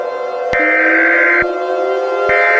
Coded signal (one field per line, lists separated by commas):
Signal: Emergency Alert System (SAME) tones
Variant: header bursts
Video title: OLD VIDEOS ARCHIVE #1: Eas mock: The invasion